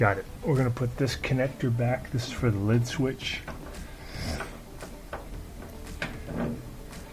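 Someone talks while handling the plastic wiring connector for a washer's lid switch, bringing it back toward its mating plug, with quiet handling noise and a brief sharp sound near 6.0 s. Nothing has seated or clicked yet.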